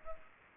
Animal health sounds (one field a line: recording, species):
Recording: mosquito wingbeat signal from an infrared sensor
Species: Culex pipiens